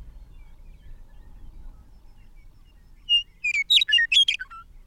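Bird singing after about three seconds of near silence: a pure whistle followed by a fast jumble of sharp, twittering notes that drop to a lower closing note.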